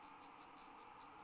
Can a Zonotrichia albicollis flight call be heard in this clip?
no